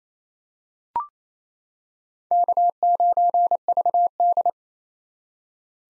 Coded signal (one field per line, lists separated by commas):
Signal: Morse code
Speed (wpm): 28 wpm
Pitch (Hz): 700 Hz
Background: none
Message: K9VD